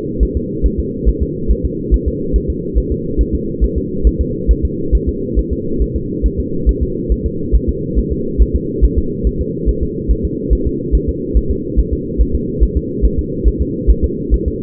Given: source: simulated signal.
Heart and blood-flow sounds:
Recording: fetal heart sounds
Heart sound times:
0.23 s: S1
0.37 s: S2
0.66 s: S1
0.80 s: S2
1.09 s: S1
1.23 s: S2
1.51 s: S1
1.65 s: S2
1.94 s: S1
2.08 s: S2
2.36 s: S1
2.50 s: S2
2.78 s: S1
2.92 s: S2
3.21 s: S1
3.35 s: S2
3.64 s: S1
3.78 s: S2
4.07 s: S1
4.21 s: S2
4.51 s: S1
4.65 s: S2
4.95 s: S1
5.09 s: S2
5.39 s: S1
5.53 s: S2
5.82 s: S1
5.96 s: S2
6.26 s: S1
6.40 s: S2
6.69 s: S1
6.83 s: S2
7.12 s: S1
7.26 s: S2
7.55 s: S1
7.69 s: S2
7.99 s: S1
8.12 s: S2
8.42 s: S1
8.56 s: S2
8.84 s: S1
8.98 s: S2
9.27 s: S1
9.41 s: S2
9.69 s: S1
9.83 s: S2
10.11 s: S1
10.25 s: S2
10.53 s: S1
10.67 s: S2
10.95 s: S1
11.09 s: S2
11.37 s: S1
11.51 s: S2
11.79 s: S1
11.93 s: S2
12.21 s: S1
12.35 s: S2
12.63 s: S1
12.77 s: S2
13.05 s: S1
13.19 s: S2
13.48 s: S1
13.62 s: S2
13.90 s: S1
14.04 s: S2
14.34 s: S1
14.48 s: S2
From the record:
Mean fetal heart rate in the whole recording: 140 bpm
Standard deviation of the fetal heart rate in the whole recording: 2 bpm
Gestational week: 34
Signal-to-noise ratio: -6.6 dB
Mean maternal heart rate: 72 bpm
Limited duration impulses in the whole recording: present

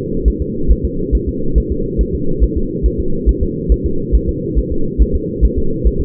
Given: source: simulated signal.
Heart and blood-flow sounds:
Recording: fetal heart sounds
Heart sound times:
0.28 s: S1
0.42 s: S2
0.72 s: S1
0.85 s: S2
1.15 s: S1
1.29 s: S2
1.58 s: S1
1.72 s: S2
2.01 s: S1
2.15 s: S2
2.44 s: S1
2.57 s: S2
2.86 s: S1
3.00 s: S2
3.29 s: S1
3.43 s: S2
3.72 s: S1
3.86 s: S2
4.15 s: S1
4.29 s: S2
4.59 s: S1
4.72 s: S2
5.02 s: S1
5.16 s: S2
5.45 s: S1
5.58 s: S2
5.87 s: S1
6.01 s: S2
From the record:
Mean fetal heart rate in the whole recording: 140 bpm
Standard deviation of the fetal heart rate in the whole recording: 2 bpm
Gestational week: 34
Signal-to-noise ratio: -8.1 dB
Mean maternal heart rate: 72 bpm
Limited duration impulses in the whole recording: absent

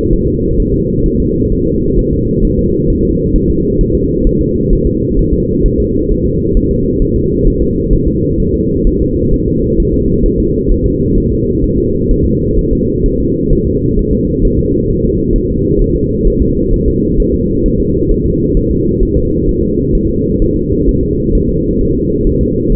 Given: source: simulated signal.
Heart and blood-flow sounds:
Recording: fetal heart sounds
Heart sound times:
0.13 s: S1
0.27 s: S2
0.60 s: S1
0.74 s: S2
1.06 s: S1
1.20 s: S2
1.52 s: S1
1.67 s: S2
1.99 s: S1
2.13 s: S2
2.45 s: S1
2.59 s: S2
2.90 s: S1
3.05 s: S2
3.36 s: S1
3.50 s: S2
3.81 s: S1
3.95 s: S2
4.27 s: S1
4.41 s: S2
4.73 s: S1
4.87 s: S2
5.19 s: S1
5.33 s: S2
5.66 s: S1
5.80 s: S2
6.12 s: S1
6.26 s: S2
6.57 s: S1
6.71 s: S2
7.02 s: S1
7.16 s: S2
7.47 s: S1
7.61 s: S2
7.93 s: S1
8.08 s: S2
8.40 s: S1
8.54 s: S2
8.87 s: S1
9.01 s: S2
9.34 s: S1
9.48 s: S2
9.80 s: S1
9.94 s: S2
10.26 s: S1
10.40 s: S2
10.72 s: S1
10.86 s: S2
11.18 s: S1
11.32 s: S2
11.64 s: S1
11.78 s: S2
12.11 s: S1
12.25 s: S2
12.59 s: S1
12.73 s: S2
13.06 s: S1
13.20 s: S2
13.53 s: S1
13.67 s: S2
13.99 s: S1
14.13 s: S2
14.45 s: S1
14.59 s: S2
14.90 s: S1
15.04 s: S2
15.36 s: S1
15.50 s: S2
15.81 s: S1
15.96 s: S2
16.28 s: S1
16.42 s: S2
16.74 s: S1
16.88 s: S2
17.20 s: S1
17.34 s: S2
17.66 s: S1
17.80 s: S2
18.12 s: S1
18.26 s: S2
18.57 s: S1
18.71 s: S2
19.03 s: S1
19.17 s: S2
19.49 s: S1
19.63 s: S2
19.95 s: S1
20.09 s: S2
20.42 s: S1
20.56 s: S2
20.89 s: S1
21.03 s: S2
21.35 s: S1
21.49 s: S2
21.81 s: S1
21.95 s: S2
22.27 s: S1
22.41 s: S2
22.72 s: S1
From the record:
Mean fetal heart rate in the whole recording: 130 bpm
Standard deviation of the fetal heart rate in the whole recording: 4 bpm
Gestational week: 38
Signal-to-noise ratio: -14.7 dB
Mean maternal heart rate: 72 bpm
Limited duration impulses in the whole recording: present

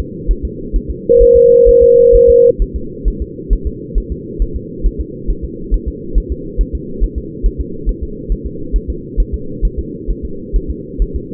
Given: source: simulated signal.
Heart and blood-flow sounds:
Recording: fetal heart sounds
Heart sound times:
0.00 s: S2
0.31 s: S1
0.45 s: S2
0.76 s: S1
0.90 s: S2
1.22 s: S1
1.36 s: S2
1.69 s: S1
1.83 s: S2
2.16 s: S1
2.30 s: S2
2.62 s: S1
2.76 s: S2
3.08 s: S1
3.22 s: S2
3.53 s: S1
3.67 s: S2
3.98 s: S1
4.12 s: S2
4.42 s: S1
4.56 s: S2
4.86 s: S1
5.00 s: S2
5.30 s: S1
5.45 s: S2
5.74 s: S1
5.88 s: S2
6.18 s: S1
6.32 s: S2
6.61 s: S1
6.75 s: S2
7.04 s: S1
7.18 s: S2
7.46 s: S1
7.61 s: S2
7.89 s: S1
8.03 s: S2
8.32 s: S1
8.46 s: S2
8.76 s: S1
8.90 s: S2
9.20 s: S1
9.34 s: S2
9.65 s: S1
9.79 s: S2
10.11 s: S1
10.25 s: S2
10.56 s: S1
10.70 s: S2
11.02 s: S1
11.16 s: S2
From the record:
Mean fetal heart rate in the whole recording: 135 bpm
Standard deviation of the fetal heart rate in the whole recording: 3 bpm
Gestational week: 36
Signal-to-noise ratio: -4.3 dB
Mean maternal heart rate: 72 bpm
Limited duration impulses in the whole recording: present

